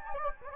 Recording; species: mosquito wingbeat signal from an infrared sensor; Anopheles gambiae